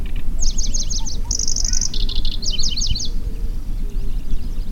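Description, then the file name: Pallas's grasshopper warbler song: quick series of sharp high notes, a metallic buzzing trill, then rapid chattering notes, against low steady background noise. "Golosa ptic - Pevchij sverchok Locustella certhiola"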